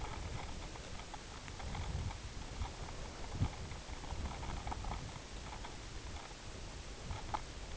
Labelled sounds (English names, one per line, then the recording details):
none
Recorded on Arctic tundra, site UTQI-5, on 18 June 2019
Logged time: 20:00